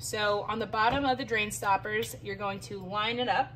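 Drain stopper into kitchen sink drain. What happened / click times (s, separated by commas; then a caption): No seating click; only speech while the part is handled / none. A drain stopper is handled over a kitchen sink drain, with its bottom piece being lined up to twist right and lock into place. Someone talks throughout, and nothing has seated or clicked yet.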